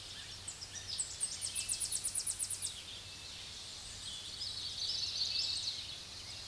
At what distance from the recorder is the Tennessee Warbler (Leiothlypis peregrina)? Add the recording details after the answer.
about 40 m. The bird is about 10 m above the microphone. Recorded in a Pennsylvania forest on 16 May 2024 at 06:41. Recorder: AudioMoth, point MSD-0661. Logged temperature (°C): 15.8 °C. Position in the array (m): 31 m, 136 m